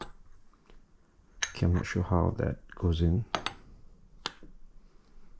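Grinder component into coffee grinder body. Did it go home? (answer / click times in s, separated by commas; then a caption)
yes / 4.3 s. A part of a Varia VS6 coffee grinder is worked into the grinder body while someone talks, with a few small handling taps along the way. A sharp click at 4.3 s marks the part seating in place.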